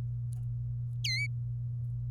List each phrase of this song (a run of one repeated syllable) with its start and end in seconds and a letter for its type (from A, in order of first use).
1.04-1.26 A